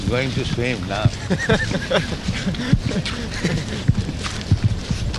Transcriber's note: laughter